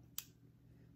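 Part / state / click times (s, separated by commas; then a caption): takedown pin in pistol frame / released / 0.2 s. On an EAA Girsan Regard MC 9mm Luger pistol with a 4.9-inch barrel and black finish, pressing the takedown button during takedown makes the steel takedown pin in the frame pop out on the other side. It does so with one sharp, bright snap at 0.2 s over a low steady hum. The pin is released.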